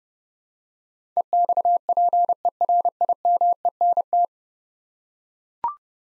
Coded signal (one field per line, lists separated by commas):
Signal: Morse code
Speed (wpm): 30 wpm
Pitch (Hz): 700 Hz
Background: none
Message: EXPERIMENT